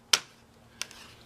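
Plastic screen bezel clips on a Dell E5450 laptop snap into the display lid as the bezel edge is pressed along. Two sharp snaps land at 0.1 s and 0.8 s, the first much louder, followed by a faint tick. More bezel clips are seated home.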